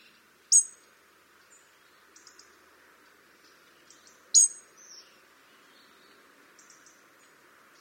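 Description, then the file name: European robin giving sharp, very high ticking calls, singly a few seconds apart, with thinner faint chirps between them over a quiet background. "Erithacus rubecula"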